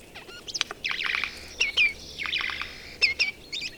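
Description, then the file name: Eurasian jay producing a chattering mix of harsh rasps and short slurred whistles, delivered quickly with brief gaps between bursts. "Garrulus glandarius"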